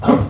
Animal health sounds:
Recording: pig call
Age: growing-finishing pig (85 days or more)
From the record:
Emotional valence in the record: positive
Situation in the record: run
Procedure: transit

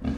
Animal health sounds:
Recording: pig call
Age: growing-finishing pig (85 days or more)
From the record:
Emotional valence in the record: negative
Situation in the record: barren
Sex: female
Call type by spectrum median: low-frequency call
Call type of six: low-frequency stable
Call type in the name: low-frequency stable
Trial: 3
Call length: 0.18 s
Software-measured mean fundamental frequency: 40 Hz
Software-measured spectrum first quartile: 116 Hz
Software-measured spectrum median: 221 Hz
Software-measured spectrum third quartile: 343 Hz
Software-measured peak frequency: 247 Hz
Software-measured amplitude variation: 184 dB a second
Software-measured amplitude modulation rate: 19.4 a second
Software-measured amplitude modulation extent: 9.5 dB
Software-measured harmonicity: 0.2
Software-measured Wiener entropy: -0.36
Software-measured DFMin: 706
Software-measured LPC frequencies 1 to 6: 1511, 2556, 3643, 4468, 6120, 7455 Hz

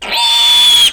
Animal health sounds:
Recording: pig call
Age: piglet (1 to 25 days)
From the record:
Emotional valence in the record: negative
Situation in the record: crushing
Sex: female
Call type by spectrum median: high-frequency call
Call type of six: mixed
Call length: 0.94 s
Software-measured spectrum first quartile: 3181 Hz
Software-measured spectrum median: 3502 Hz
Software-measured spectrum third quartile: 4958 Hz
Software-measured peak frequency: 3452 Hz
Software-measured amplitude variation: 69 dB a second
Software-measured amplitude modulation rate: 23.0 a second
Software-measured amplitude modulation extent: 3.0 dB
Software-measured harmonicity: 8.1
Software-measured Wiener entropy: -2.62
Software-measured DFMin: 836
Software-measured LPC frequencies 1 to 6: 931, 2444, 3442, 4387, 6792, 8022 Hz

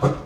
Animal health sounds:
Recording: pig call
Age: growing-finishing pig (85 days or more)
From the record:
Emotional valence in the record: positive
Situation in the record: run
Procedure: transit

